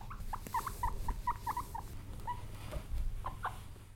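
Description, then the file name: Guinea pig giving a quick run of short squeaks, then a few scattered notes, over low hum. "Cute guinea pig"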